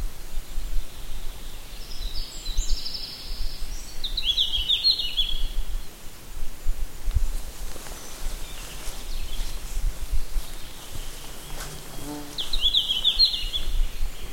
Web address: birdsongs tarsiger cyanurus 090625